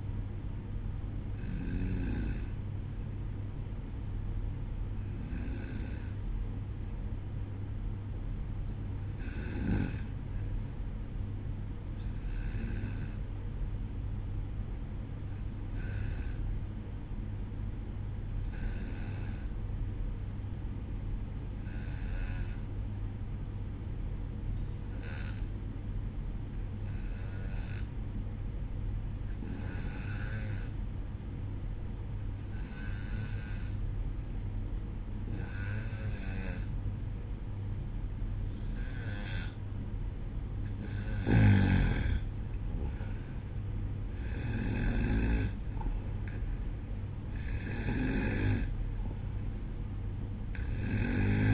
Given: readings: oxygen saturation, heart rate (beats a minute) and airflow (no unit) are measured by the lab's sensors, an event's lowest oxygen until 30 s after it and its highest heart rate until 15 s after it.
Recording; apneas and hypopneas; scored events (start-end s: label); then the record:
breathing in sleep by a smartphone at the bedside; 1
10.00-40.20 s: hypopnea (N1, oxygen 96% highest, then 91% lowest, heart rate 63 at the start, 68 highest)
From the record:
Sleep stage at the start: N1 (lightest sleep); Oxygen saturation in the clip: 92 to 96%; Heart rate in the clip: 61 to 68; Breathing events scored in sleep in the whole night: 305 in 9.6 hours asleep